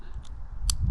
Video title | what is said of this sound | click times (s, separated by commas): Ruger SR1911 | and get it just right see that click | 0.7 s